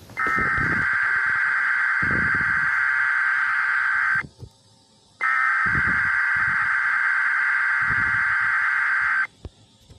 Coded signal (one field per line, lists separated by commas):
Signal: Emergency Alert System (SAME) tones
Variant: header bursts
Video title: WTTE TV FOX 28 EAS TEST FAIL 2021